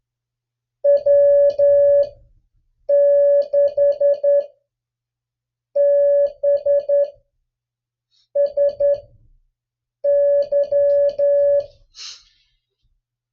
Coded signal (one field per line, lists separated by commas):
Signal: Morse code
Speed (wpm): 10 wpm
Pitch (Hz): 570 Hz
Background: none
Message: W6BSY